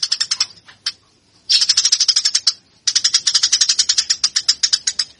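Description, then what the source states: Eurasian tree sparrow: short series of sharp, buzzy chirps, a brief gap, then dense, fast runs of chirps. Fighting call of a cage sparrow, used as master training audio for cage birds.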